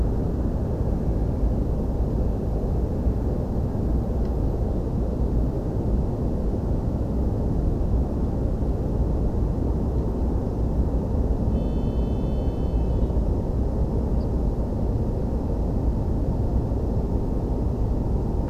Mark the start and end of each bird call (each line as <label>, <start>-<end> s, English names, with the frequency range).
Ortolan Bunting (3.9-5.6 kHz), 14.19-14.25 s